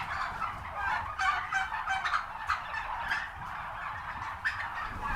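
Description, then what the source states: Turkeys gobbling in a steady crowd, with a few louder bubbling gobbles rising above the constant chorus. Recorded at a turkey farm.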